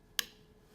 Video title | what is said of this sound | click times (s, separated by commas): New GX5 Compact Design | you'll hear that click that stem will come up at this point once the stem is coming up | 0.2 s